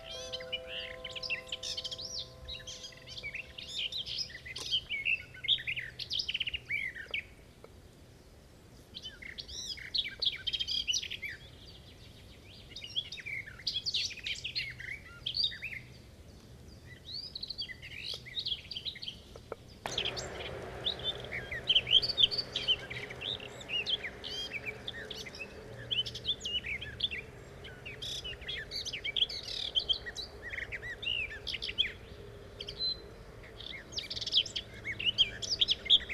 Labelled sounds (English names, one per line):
Garden Warbler song